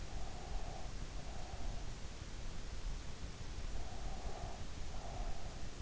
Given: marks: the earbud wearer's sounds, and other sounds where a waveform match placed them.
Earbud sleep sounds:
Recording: sounds in sleep by an in-ear microphone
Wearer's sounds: breath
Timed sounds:
0.13-2.08 s: breath
3.80-5.75 s: breath

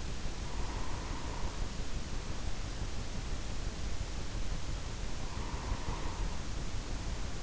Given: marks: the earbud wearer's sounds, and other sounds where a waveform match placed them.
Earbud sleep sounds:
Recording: sounds in sleep by an in-ear microphone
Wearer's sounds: breath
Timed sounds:
0.36-2.64 s: breath
5.04-7.43 s: breath

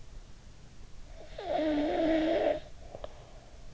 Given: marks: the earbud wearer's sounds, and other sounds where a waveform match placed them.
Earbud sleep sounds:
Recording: sounds in sleep by an in-ear microphone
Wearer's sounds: snoring breath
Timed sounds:
0.78-3.43 s: snoring breath

